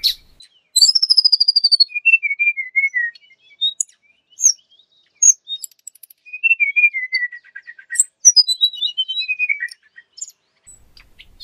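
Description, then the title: Flycatcher song: a high descending whistle, then scattered thin notes and short falling whistled series separated by brief silences. Indonesian masteran training material for cage birds, continuous full-speed 'tembakan' song. "Materi Suara Burung Sikatan Londo Masteran Hits Tembakan Full Speed Rapet Durasi"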